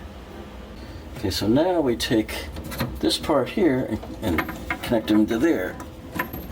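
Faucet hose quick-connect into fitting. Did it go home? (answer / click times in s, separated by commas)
no / none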